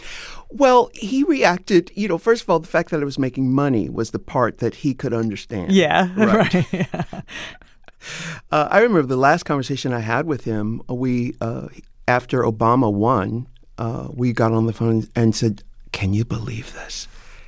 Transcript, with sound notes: Well, he reacted - you know, first of all, the fact that I was making money was the part that he could understand.
Yeah.
Right.
Right. Yeah (laughter).
I remember the last conversation I had with him. We - after Obama won, we got on the phone and said, can you believe this?